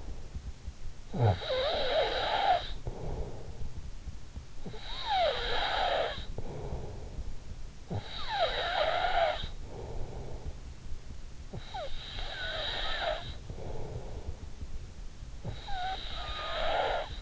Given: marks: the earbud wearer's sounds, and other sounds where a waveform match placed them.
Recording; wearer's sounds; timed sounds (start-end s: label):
sounds in sleep by an in-ear microphone; snoring breath
0.00-17.22 s: snoring breath